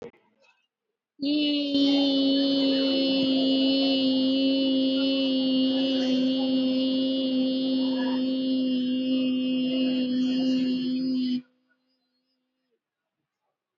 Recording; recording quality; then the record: sustained vowel as in beet; excellent, no background noise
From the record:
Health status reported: exposed to COVID-19, no respiratory illness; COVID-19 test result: negative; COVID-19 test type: RT-PCR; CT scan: taken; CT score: 25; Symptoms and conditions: fever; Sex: female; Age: 51 years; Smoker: no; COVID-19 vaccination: both doses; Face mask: worn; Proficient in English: yes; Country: India